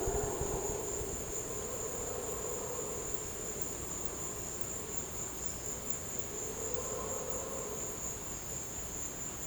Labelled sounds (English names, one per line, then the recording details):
none
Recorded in dense forest near Puerto Asís, Putumayo, Colombia, on 22 December 2024 at 16:30
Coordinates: 0.484, -76.317
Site G026